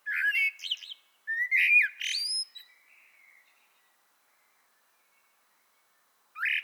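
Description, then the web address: Common blackbird song: low whistled warbles followed by high squeaky upslurs, a soft trailing twitter, then a new phrase beginning. "pub SETE data Turdus merula"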